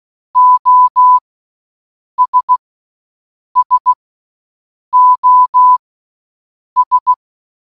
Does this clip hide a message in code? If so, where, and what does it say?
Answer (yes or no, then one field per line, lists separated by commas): yes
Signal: Morse code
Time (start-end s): 0.4-7.1 s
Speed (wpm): 16 wpm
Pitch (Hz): 1000 Hz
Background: none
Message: OS SOS